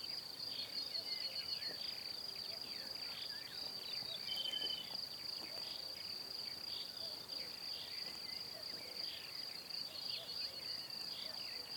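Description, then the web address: Cricket trilling continuously at a high pitch. "Kurs PTTK Przyroda Ptaki Świerszcze"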